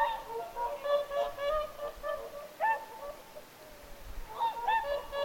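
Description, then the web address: Whooper swans bugling, clustered nasal trumpet notes from several birds, calling throughout. Whooper swans calling at Lintulahti, 6 November 2025. "paivat 6 11 2025 laulujoutsenten aantelya lintulahdella"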